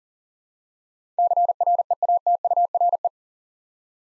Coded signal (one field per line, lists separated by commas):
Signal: Morse code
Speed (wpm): 42 wpm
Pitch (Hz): 700 Hz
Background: none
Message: CREATURE